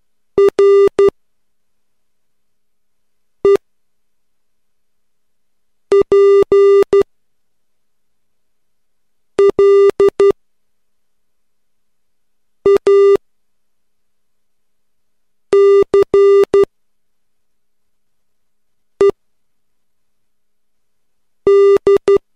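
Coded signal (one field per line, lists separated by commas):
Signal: Morse code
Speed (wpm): 12 wpm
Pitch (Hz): 400 Hz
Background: none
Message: REPLACED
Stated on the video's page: Morse code practice at 3 WPM using the letters e l s o t v a m n p d r h i c b f g k y u.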